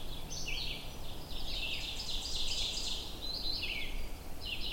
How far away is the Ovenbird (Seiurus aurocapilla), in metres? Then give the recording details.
about 40 m. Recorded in boreal forest in Alberta, Canada, on 22 June 2016 at 05:36. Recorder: SongMeter 3, array SBT-6-76. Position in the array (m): 33 m, 10 m. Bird 2